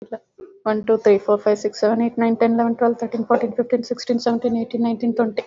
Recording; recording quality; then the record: counting at a fast pace; poor, much background noise or distortion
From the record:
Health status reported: recovered from COVID-19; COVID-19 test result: positive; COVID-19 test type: RT-PCR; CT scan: not taken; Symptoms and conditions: cough, sore throat, fatigue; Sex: female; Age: 33 years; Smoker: no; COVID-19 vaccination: both doses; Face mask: worn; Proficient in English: yes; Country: India